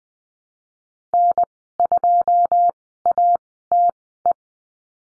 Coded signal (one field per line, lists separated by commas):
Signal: Morse code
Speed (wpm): 20 wpm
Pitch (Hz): 700 Hz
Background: none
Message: N2ATE